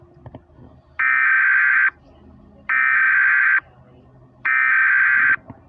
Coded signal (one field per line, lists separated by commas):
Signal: Emergency Alert System (SAME) tones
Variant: header bursts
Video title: EAS Mini Scenario: the Life stranger